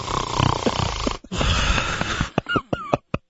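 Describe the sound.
A person fakes loud snoring as a gag, a long rasping inhale followed by a second drawn-out snore, ending in a few short snorting breaths and quick sputters.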